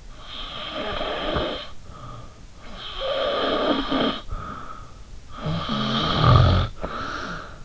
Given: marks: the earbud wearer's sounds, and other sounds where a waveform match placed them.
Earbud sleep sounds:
sounds in sleep by an in-ear microphone; snoring breath
0.14-2.31 s: snoring breath
2.62-5.03 s: snoring breath
5.32-7.65 s: snoring breath

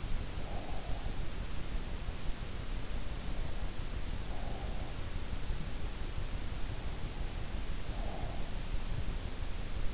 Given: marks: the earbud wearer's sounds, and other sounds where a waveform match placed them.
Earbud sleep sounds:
sounds in sleep by an in-ear microphone; breath
0.00-1.35 s: breath
3.65-5.32 s: breath
7.44-8.65 s: breath

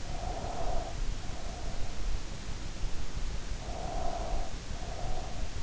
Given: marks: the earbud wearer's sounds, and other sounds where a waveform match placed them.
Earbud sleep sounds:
sounds in sleep by an in-ear microphone; breath
0.00-2.05 s: breath
3.51-5.56 s: breath

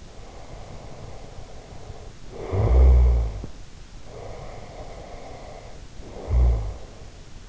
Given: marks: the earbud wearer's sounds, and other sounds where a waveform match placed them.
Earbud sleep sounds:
sounds in sleep by an in-ear microphone; snoring breath
0.00-3.63 s: snoring breath
4.05-7.07 s: snoring breath

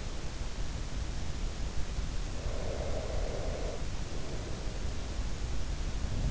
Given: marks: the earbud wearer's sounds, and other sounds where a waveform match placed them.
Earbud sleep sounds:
sounds in sleep by an in-ear microphone; breath
2.34-5.46 s: breath

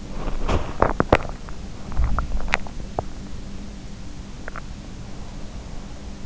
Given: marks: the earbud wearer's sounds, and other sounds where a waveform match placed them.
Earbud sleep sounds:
sounds in sleep by an in-ear microphone; body movement, teeth grinding, swallowing
0.00-1.38 s: body movement
1.96-3.17 s: teeth grinding
4.05-5.09 s: swallowing

